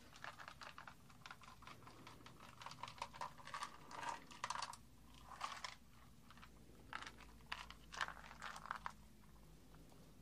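Wooden rattles clack and rustle in quick irregular bursts, clustering around four, five and eight seconds.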